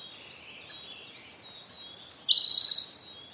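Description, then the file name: Siberian blue robin song: four sharp, high, thin notes followed by a loud rolling trill of quick even pulses. "koruri"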